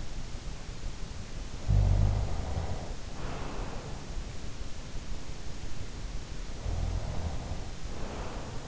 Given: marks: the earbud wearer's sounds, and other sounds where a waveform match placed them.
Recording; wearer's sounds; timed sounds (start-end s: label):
sounds in sleep by an in-ear microphone; snoring breath
1.43-4.14 s: snoring breath
6.48-8.68 s: snoring breath